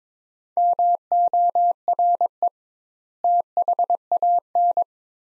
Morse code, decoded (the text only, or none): MORE THAN